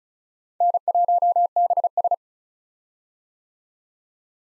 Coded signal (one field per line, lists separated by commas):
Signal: Morse code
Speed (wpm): 36 wpm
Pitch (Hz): 700 Hz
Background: none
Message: N1BS